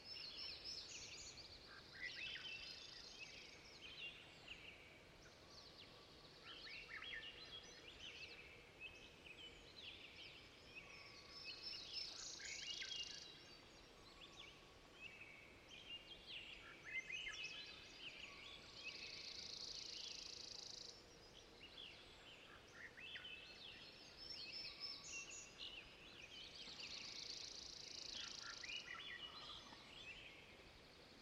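A dawn chorus of overlapping birdsong, with bright bursts of chirping recurring every few seconds over a steady low hiss of quiet air.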